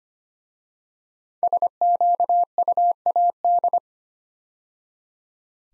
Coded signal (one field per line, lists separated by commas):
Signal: Morse code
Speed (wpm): 25 wpm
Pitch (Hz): 700 Hz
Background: none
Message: SQUAD